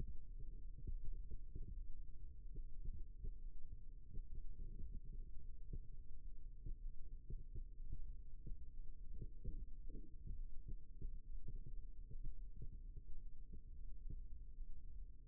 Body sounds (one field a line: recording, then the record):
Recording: forearm muscle sounds (acoustic myography)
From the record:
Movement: rest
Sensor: system 2, bracelet of six BSWA MPA416 microphones around the upper forearm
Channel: 4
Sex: male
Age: 22 years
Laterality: right